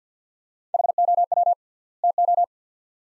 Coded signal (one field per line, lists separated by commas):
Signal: Morse code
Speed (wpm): 50 wpm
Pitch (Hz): 700 Hz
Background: none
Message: HOW TO